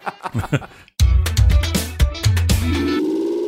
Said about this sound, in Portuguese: Uma vinheta pro Carros São Como Lanchas